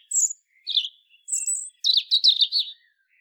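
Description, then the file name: European robin song: quick sequence of high thin whistled and trilled phrases, jumping in pitch, with a tumbling twittering flourish toward the end; no other sounds. "Erithacus rubecula"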